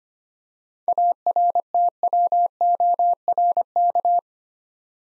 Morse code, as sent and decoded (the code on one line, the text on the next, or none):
.- .-. - .-- --- .-. -.-
ARTWORK